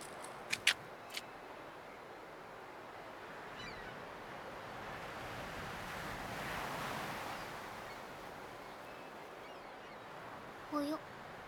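Ocean waves break on a beach in a steady, hissing wash that swells midway and then eases, with a few sharp clicks at the start and brief high-pitched calls near the end.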